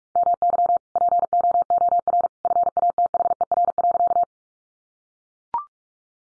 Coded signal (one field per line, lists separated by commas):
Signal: Morse code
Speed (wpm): 44 wpm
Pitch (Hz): 700 Hz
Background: none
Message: MY POOR FATHER.